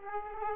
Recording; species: mosquito wingbeat signal from an infrared sensor; Aedes aegypti